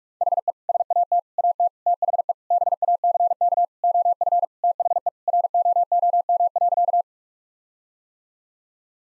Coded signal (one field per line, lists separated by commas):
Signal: Morse code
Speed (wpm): 41 wpm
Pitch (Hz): 700 Hz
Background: none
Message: HE SAT AT THE BACK OF THE ROOM.